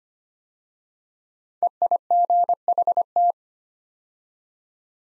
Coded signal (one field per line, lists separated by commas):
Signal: Morse code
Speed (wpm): 25 wpm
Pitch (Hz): 700 Hz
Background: none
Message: EIGHT